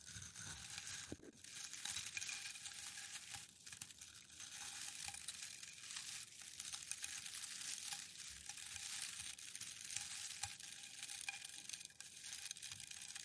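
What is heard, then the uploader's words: Packing paper is slowly crinkled, stroked and pressed, giving a dense, steady crackle that sits high and bright with almost no low end. Small sharp ticks and light clinking snaps pop out every second or so, with brief quieter lulls near the start and end. TimASMR-Packing Paper Slow Crinkles, Stroking, Rolling, Pressing, Rustling (NO TALKING).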